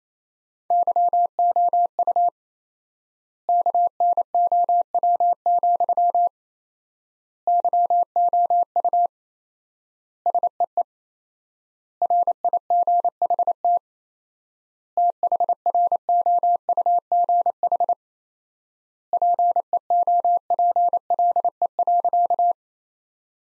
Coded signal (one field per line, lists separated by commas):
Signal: Morse code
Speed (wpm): 27 wpm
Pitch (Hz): 700 Hz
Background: none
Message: YOU KNOW, YOU SEE RIGHT THROUGH PEOPLE.